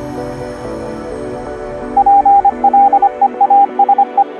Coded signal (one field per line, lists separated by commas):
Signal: Morse code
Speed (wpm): 25 wpm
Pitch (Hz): 800 Hz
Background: music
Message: PLEASE